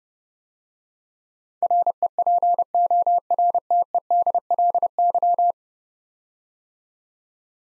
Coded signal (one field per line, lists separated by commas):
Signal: Morse code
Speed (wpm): 30 wpm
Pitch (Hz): 700 Hz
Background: none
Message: REPORTEDLY